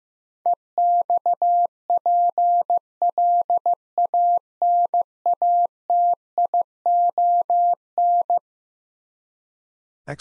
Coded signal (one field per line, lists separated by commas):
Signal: Morse code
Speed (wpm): 15 wpm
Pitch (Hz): 700 Hz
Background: none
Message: EXPLANATION